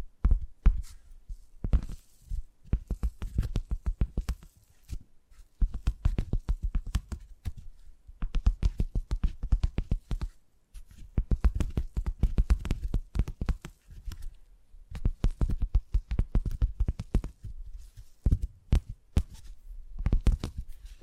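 Tingly tapping sounds in quick, uneven bursts, each a flurry of sharp taps with a soft, thumping low body. The runs stop and restart every few seconds with short pauses between them, and the pace stays fairly steady across the whole stretch.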